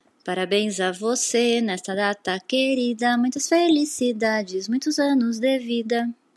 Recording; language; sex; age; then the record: short text; Brazilian Portuguese; female; 50 to 59 years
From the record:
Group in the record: control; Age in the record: 50 years